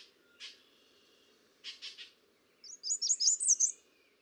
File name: American Redstart